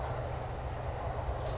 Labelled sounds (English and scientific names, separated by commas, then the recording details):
California Towhee (Melozone crissalis)
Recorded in Sonoma County, California